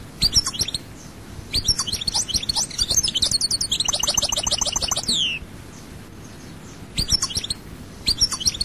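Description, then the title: European goldfinch twittering song with bright, rapid chirps and a buzzy rolling trill midway, then a pause and renewed twittering. "Chant Chardonneret"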